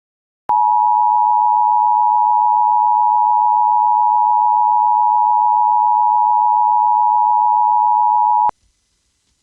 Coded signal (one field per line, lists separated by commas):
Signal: Emergency Alert System (SAME) tones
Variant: 853 and 960 Hz attention tone